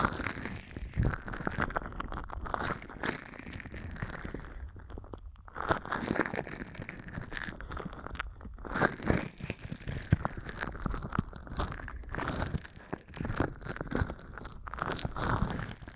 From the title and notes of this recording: ASMR 10 Ear Massages for Sleep (No Talking).